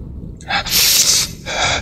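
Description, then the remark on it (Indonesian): A sharp, breathy gasp of air drawn in suddenly, followed by a second shorter rush of breath. Both are hissy and fairly loud, with no talking. “Aku coba menarik nafas dan berpikir.”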